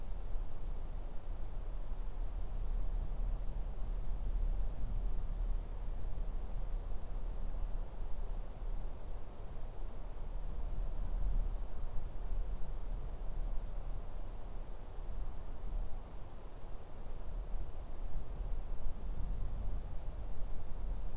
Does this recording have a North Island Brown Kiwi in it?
no